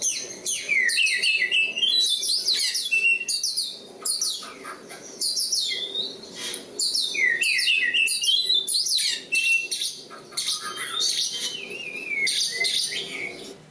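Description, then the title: Oriental magpie-robin in a long, unbroken stream of song mixing high whistles, downward slurs, chatters and trills. Kacer Poci, national champion competition bird; singing gacor, with nembak and ngerol; seven kinds of kacer sound every three minutes. "Kacer Poci Gacor Nembak Dan Ngerol Juara Nasional. 7 macam suara kacer setiap 3 menit"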